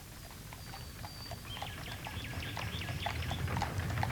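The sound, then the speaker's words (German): Steady clip-clop of two strong chestnut horses pulling a light, well-sprung travelling carriage, a brisk even rhythm over a low rumbling of wheels, with a thin high whistle-like tone drifting above. No one speaks. “In Mailand hat er sich von einem englischen Major einen leichten, gut gefederten Reisewagen und zwei kräftige Füchse gekauft.”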